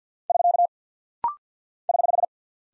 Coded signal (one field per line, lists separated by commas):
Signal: Morse code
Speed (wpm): 48 wpm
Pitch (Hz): 700 Hz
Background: none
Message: <SK> <HH>